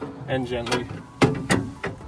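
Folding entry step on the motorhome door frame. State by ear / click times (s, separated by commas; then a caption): seated / 1.8 s. Someone talks as a metal folding entry step on an Adventurer motorhome's door frame is lifted and gently locked into its closed position for driving. A sharp knock at 1.8 s marks the step locking into place, and it is seated closed.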